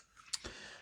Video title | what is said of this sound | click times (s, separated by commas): VFC G36C V2 GBBR (Umarex) | The stock does fold and lock into place. | 0.3 s